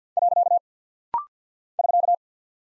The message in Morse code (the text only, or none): . <SK>